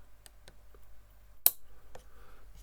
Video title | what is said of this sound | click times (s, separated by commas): S01E04 Dead Electric Toothbrush? Replace Battery in 20 minutes | once that's through there, once they're in, you just have to push this little bit of plastic through. You hear it click, and | 1.5 s